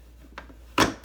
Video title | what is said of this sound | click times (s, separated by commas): Mattel Jurassic World Legacy Collection Brachiosaurus Review!!! | then when swinging it back you can hear it click back in the place which | 0.8 s